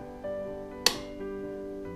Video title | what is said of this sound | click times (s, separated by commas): FOLD & GO WHEELCHAIRS® - Manual Power | you're gonna take these red levers and pull it back till you hear the snap and now | 0.9 s